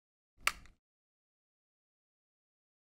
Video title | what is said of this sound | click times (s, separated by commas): Philips Respironics Amara View Full Face CPAP Mask: How To Clean?- CPAP Store USA | the headgear clips onto the mask frame press | 0.5 s